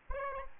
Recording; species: mosquito wingbeat signal from an infrared sensor; Aedes albopictus